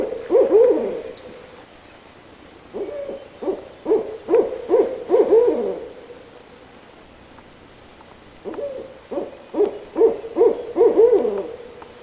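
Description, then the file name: Barred owl hooting: a trailing note at the start, then two separate bursts of six or seven deep, rhythmic hoots divided by a few seconds of quiet. Calls, recorded 9 June 2003. "2003-06-09 BAOW-12 Calls"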